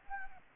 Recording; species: mosquito wingbeat signal from an infrared sensor; Anopheles arabiensis